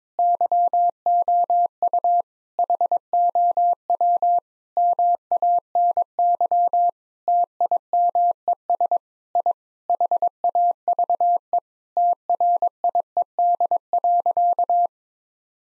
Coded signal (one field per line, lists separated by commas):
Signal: Morse code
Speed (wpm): 22 wpm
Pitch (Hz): 700 Hz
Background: none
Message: YOU HOW MANY TIMES I HAVE TRIED.